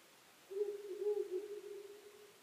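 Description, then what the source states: Owl with a single low hoot, a sustained tone that fades away. Recorded 23 May 2010 at 00:59.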